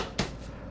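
An unspecified part is pushed into a plastic fitting while assembling a FlightLine B-25J Mitchell WW2 bomber RC foam warbird model airplane. A single sharp pop is heard at 0.2 s against a quiet background. The part pops into place and is seated.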